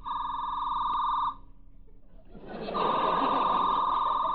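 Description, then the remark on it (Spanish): A voice imitates a telephone ringing in another house with two long, steady, high buzzing tones: a first ring of just over a second, a short pause, then a breathy swell into a louder, longer second ring. “Suena el teléfono en la otra casa, ¿no?”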